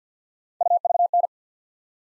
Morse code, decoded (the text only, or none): UVN